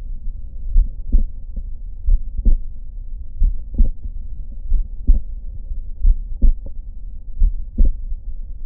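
Regular paired low thumps repeat at about 45 beats a minute, each first sound followed shortly by a crisp second sound. This is a normal second heart sound (S2), made by the closing of the aortic and pulmonary valves, with no added noises between beats.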